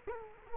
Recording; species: mosquito wingbeat signal from an infrared sensor; Culex quinquefasciatus